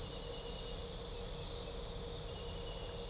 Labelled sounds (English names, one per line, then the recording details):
none
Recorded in pastures near Puerto Asís, Putumayo, Colombia, on 26 December 2024 at 23:30
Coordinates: 0.497, -76.327
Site G088